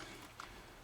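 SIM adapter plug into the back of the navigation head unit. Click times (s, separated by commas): 0.4 s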